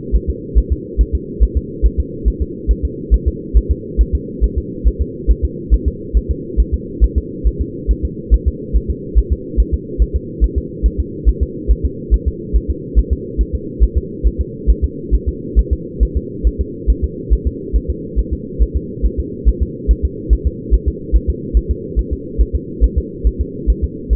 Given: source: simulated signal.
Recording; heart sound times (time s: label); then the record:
fetal heart sounds
0.16 s: S1
0.30 s: S2
0.58 s: S1
0.72 s: S2
1.01 s: S1
1.15 s: S2
1.43 s: S1
1.57 s: S2
1.86 s: S1
2.00 s: S2
2.28 s: S1
2.42 s: S2
2.71 s: S1
2.85 s: S2
3.14 s: S1
3.28 s: S2
3.57 s: S1
3.71 s: S2
4.01 s: S1
4.15 s: S2
4.44 s: S1
4.58 s: S2
4.88 s: S1
5.02 s: S2
5.31 s: S1
5.45 s: S2
5.74 s: S1
5.88 s: S2
6.17 s: S1
6.31 s: S2
6.60 s: S1
6.74 s: S2
7.04 s: S1
7.18 s: S2
7.47 s: S1
7.61 s: S2
7.91 s: S1
8.05 s: S2
8.34 s: S1
8.48 s: S2
8.76 s: S1
8.91 s: S2
9.19 s: S1
9.32 s: S2
9.60 s: S1
9.74 s: S2
10.02 s: S1
10.16 s: S2
10.44 s: S1
10.58 s: S2
10.86 s: S1
11.00 s: S2
11.29 s: S1
11.43 s: S2
11.71 s: S1
11.85 s: S2
12.14 s: S1
12.28 s: S2
12.56 s: S1
12.70 s: S2
12.99 s: S1
13.13 s: S2
13.41 s: S1
13.55 s: S2
13.84 s: S1
13.97 s: S2
14.27 s: S1
14.41 s: S2
14.70 s: S1
14.84 s: S2
15.14 s: S1
15.29 s: S2
15.59 s: S1
15.73 s: S2
16.03 s: S1
16.17 s: S2
16.47 s: S1
16.61 s: S2
16.90 s: S1
17.04 s: S2
17.33 s: S1
17.47 s: S2
17.76 s: S1
17.90 s: S2
18.19 s: S1
18.33 s: S2
18.62 s: S1
18.76 s: S2
19.06 s: S1
19.20 s: S2
19.48 s: S1
19.63 s: S2
19.91 s: S1
20.05 s: S2
20.33 s: S1
20.47 s: S2
20.74 s: S1
20.88 s: S2
21.16 s: S1
21.30 s: S2
21.57 s: S1
21.71 s: S2
21.99 s: S1
22.13 s: S2
22.41 s: S1
22.55 s: S2
22.84 s: S1
22.98 s: S2
23.27 s: S1
23.41 s: S2
23.70 s: S1
23.84 s: S2
24.13 s: S1
From the record:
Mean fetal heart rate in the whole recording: 140 bpm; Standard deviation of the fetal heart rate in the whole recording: 2 bpm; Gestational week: 34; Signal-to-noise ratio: -4.1 dB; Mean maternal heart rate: no maternal heart sound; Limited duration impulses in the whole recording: absent